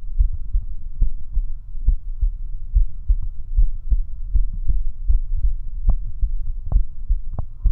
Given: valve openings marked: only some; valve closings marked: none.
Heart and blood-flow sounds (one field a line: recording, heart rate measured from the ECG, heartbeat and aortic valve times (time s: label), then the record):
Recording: heart sounds by stethoscope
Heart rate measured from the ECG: 72 bpm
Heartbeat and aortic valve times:
0.23 s: heartbeat (ECG mark)
1.04 s: heartbeat (ECG mark)
1.06 s: aortic valve opens (echo mark)
1.90 s: heartbeat (ECG mark)
1.93 s: aortic valve opens (echo mark)
2.78 s: heartbeat (ECG mark)
2.83 s: aortic valve opens (echo mark)
3.60 s: heartbeat (ECG mark)
4.37 s: heartbeat (ECG mark)
5.12 s: heartbeat (ECG mark)
5.91 s: heartbeat (ECG mark)
6.78 s: heartbeat (ECG mark)
7.68 s: heartbeat (ECG mark)
From the record:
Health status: healthy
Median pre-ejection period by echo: 27 ms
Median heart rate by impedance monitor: 71 bpm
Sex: male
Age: 19 years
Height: 179 cm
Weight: 78 kg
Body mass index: 24.34